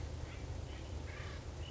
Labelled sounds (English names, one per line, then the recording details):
Acorn Woodpecker
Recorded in Sonoma County, California